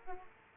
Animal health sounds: mosquito wingbeat signal from an infrared sensor; Culex quinquefasciatus

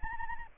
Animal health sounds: mosquito wingbeat signal from an infrared sensor; Anopheles arabiensis

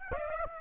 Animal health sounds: mosquito wingbeat signal from an infrared sensor; Aedes aegypti

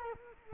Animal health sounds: mosquito wingbeat signal from an infrared sensor; Culex quinquefasciatus

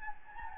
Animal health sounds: mosquito wingbeat signal from an infrared sensor; Anopheles gambiae

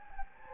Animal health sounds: mosquito wingbeat signal from an infrared sensor; Anopheles gambiae

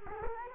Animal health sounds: mosquito wingbeat signal from an infrared sensor; Culex quinquefasciatus

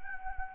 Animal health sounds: mosquito wingbeat signal from an infrared sensor; Anopheles gambiae

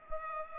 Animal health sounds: mosquito wingbeat signal from an infrared sensor; Culex pipiens

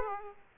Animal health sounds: mosquito wingbeat signal from an infrared sensor; Aedes aegypti

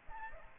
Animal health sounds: mosquito wingbeat signal from an infrared sensor; Aedes aegypti

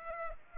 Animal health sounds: mosquito wingbeat signal from an infrared sensor; Culex pipiens

